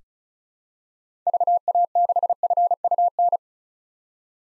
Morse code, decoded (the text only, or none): VA6FUN